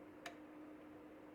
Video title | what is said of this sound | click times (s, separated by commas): How to fill Bobin and thread machine/బాబిన్ ఎలా నింపాలి దారం మెషిన్ లో ఎలా ఎక్కించాలి | వినిపించింది కదా అలా చిన్న టక్ మని సౌండ్ రావాలి. | 0.3 s